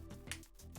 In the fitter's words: it does click when you put it away